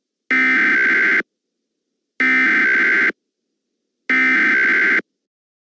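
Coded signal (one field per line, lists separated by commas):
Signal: Emergency Alert System (SAME) tones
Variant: header bursts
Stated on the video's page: Mock Emergency Alert System tornado emergency alert for Central Kentucky.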